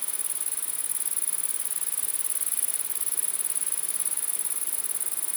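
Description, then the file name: Grasshoppers keep up a thin, very high continuous buzz over a faint steady hiss. Several grasshoppers recorded in windy conditions. "grasshoppers in the wind"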